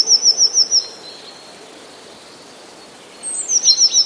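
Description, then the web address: Eurasian blue tit giving a quick high trill of sliding notes, then a pause and another high note leading into a second trill. "modraszkoteka"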